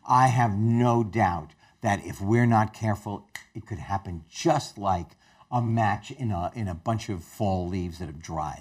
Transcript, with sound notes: I have no doubt that if we’re not careful (SNAPS) it could happen just like a match in a– in a bunch of fall leaves that have dried.